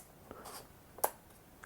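A camera battery is inserted into the battery compartment of a Fujifilm X-Pro1 body after its orientation is checked. Faint scraping and sliding sounds lead up to a sharp click at 1.0 s as the battery latches in place. A smaller tap follows near the end.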